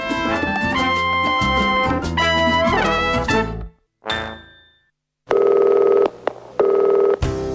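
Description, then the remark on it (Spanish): A telephone number is dialed: a busy run of electronic tones fades into a single ringing beep, then a pause, followed by two long, steady phone tones. No one speaks. “Si querés llamarnos por teléfono”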